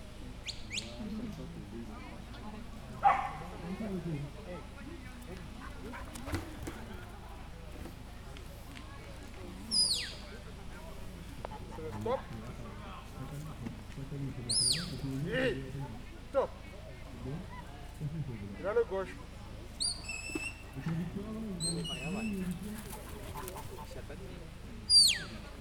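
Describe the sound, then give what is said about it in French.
Short, shrill whistle blasts, some rising and some falling in pitch, ring out in scattered bursts as a shepherd whistles commands to a herding dog, over a low, murmuring background of animal calls and faint voices. “Donc après, il a même le droit de siffler.”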